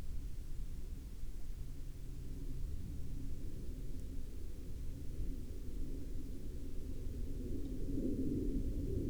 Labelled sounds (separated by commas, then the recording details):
aircraft
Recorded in the Prudhoe Bay oil fields, Alaska, on 19 July 2019 at 18:08
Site 13